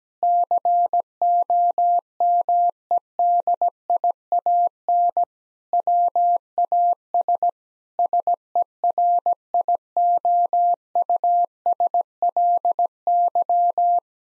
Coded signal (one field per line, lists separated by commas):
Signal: Morse code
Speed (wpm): 17 wpm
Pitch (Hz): 700 Hz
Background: none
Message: COMEDIAN WAS SERIOUSLY